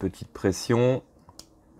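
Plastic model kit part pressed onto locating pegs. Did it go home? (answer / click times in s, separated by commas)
yes / 1.4 s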